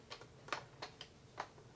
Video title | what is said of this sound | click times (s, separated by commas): [Review] Nerf RIVAL Phantom Corps HELIOS (Rival Sniper Rifle?) | Oh, I didn't really hear a click, but I'm guessing | none